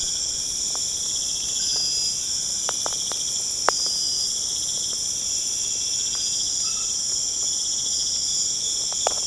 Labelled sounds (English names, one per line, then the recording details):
none
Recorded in pastures near Puerto Asís, Putumayo, Colombia, on 23 June 2025 at 21:30
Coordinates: 0.496, -76.326
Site GP01